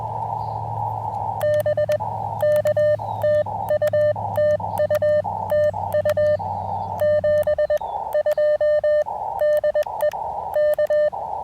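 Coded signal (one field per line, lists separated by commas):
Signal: Morse code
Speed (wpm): 20 wpm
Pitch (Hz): 590 Hz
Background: none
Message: BK TU TU TU 72 DE K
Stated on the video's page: Parks on the Air activation with an Elecraft KX2, KXPD2 paddles and AX1 antenna during rough band conditions.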